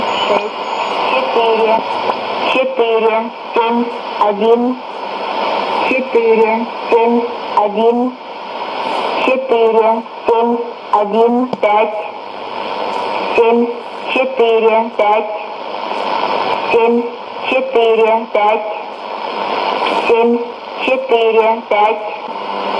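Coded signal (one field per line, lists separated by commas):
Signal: numbers station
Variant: S06s, Russian female voice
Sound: female voice reading short evenly spaced words, likely Russian numbers, over shortwave hiss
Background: radio static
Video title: 19 04 2017 Numbers station S06s Russian Lady in Russian to Eu 0830 on 9082, 9255, 11530 unknown tx s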